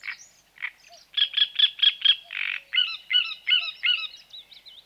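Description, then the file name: Great reed warbler singing a rasping, frog-like run of churring notes, strongly repeated chirping syllables and grating phrases in quick succession. "Grotekarekiet"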